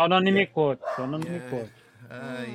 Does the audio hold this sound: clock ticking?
no